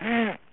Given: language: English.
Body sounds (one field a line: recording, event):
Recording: throat vibration sensor signal played as sound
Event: throat clearing